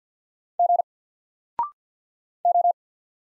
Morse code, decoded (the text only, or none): G O